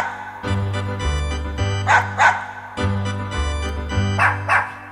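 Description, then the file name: Dachshund giving paired sharp barks twice, a few seconds apart, over a continuous low droning sound. Pet dachshund kept by its owners. "Unser Dackel Dina"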